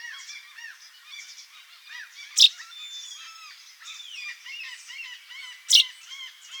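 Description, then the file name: Common chaffinch calls amid a busy mix of short, high chirps and slurred whistled notes from several birds, with two sharp clicks. "Fringilla coelebs"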